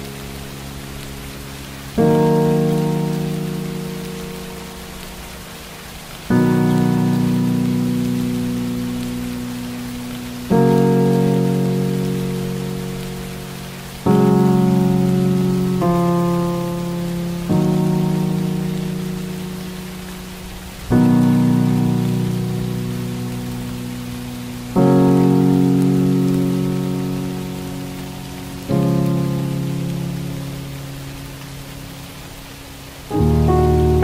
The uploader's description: Dark academia atmosphere plus rain